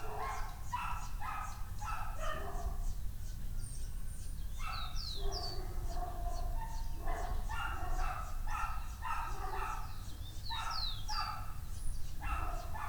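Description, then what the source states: Dogs barking repeatedly, with bird chirps above and a low rumble beneath. Dogs barking on the Escalera Morrison stairway, Valparaíso; recorded with a Tascam DR-100mk II.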